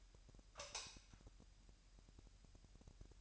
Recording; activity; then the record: daily activity, microphone in the room; light off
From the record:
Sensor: 2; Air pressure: 1001.8 hPa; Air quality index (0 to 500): 240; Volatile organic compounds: 31 ppm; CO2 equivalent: 2971 ppm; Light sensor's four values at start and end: 9/25/10/10 and 4/10/4/4